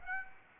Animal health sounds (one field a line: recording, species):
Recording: mosquito wingbeat signal from an infrared sensor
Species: Aedes aegypti